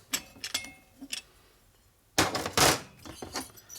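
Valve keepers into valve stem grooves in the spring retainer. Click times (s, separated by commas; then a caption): 2.2 s. Valve keepers settle into the valve stem grooves in the spring retainer as the spring compressor tension is let off a little, during a cylinder head rebuild on a 1977 Harley-Davidson XLCR 1000cc Ironhead Sportster with aluminum Thunder heads. Light metallic ticks come at about 0.2, 0.6 and 1.1 seconds, then a loud metallic clink at 2.2 seconds, followed by a few softer rattles. The keepers are fully and cleanly seated.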